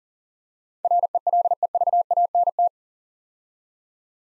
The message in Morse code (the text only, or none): RELEVANT